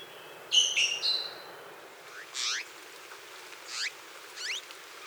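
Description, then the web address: Bird calls: a bright whistled note and two quick buzzy notes, then three separate harsh downslurred calls. Bird in Costa Rican cloud forest; several call types including scolds, ending with contact calls given at the roost. "Natures Songs N America Birds of the Costa Rican Cloud Forest 61 Several call examples, including scolds, ends with contact calls at roost"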